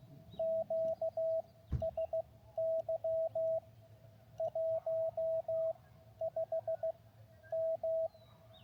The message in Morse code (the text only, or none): QSY 15 M